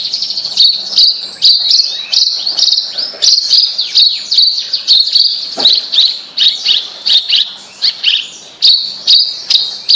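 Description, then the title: Bird song: continuous high warbling punctuated by many sharp chirps throughout. "Kicau Burung Yoi"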